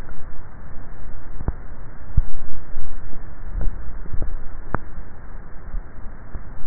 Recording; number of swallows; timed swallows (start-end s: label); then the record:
swallowing sounds by neck microphone; 1
3.42-4.32 s: swallow
From the record:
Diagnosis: dysphagia